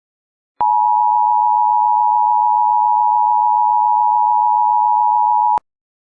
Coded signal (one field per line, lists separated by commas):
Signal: Emergency Alert System (SAME) tones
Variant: 853 and 960 Hz attention tone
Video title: EAS Scenario: Operations